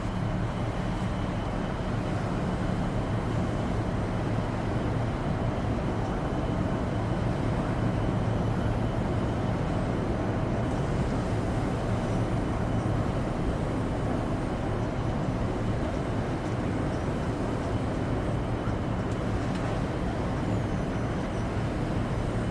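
Inside a shuttle cabin, a steady low rumble and hum fill the air without pause, with a dense mid-range roar layered over a deep drone. The level stays even throughout, with only faint brighter hiss flickering near the top at times.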